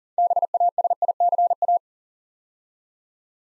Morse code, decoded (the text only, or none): BASICA